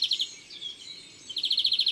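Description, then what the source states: European greenfinch song: fast trilled bursts of high notes open and close the phrase, separated by a softer drawn-out note in the middle. Song always contains trilled sounds, tiou-tiou-tiou, and above all a typical nasal note.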